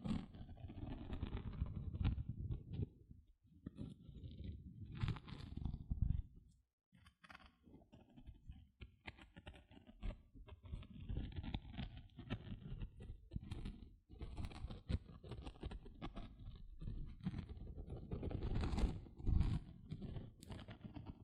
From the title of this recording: Tingly Gentle Scratching Sounds